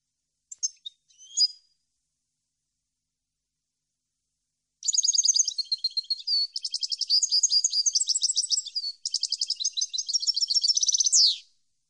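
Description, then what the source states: European goldfinch song: a few brief chirps, a pause, then about six seconds of rapid twittering, tinkling notes with a fast trill and a falling downsweep at the end. Clean goldfinch song, for birds to copy in song training.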